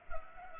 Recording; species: mosquito wingbeat signal from an infrared sensor; Culex pipiens